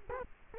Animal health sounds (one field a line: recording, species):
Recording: mosquito wingbeat signal from an infrared sensor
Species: Culex quinquefasciatus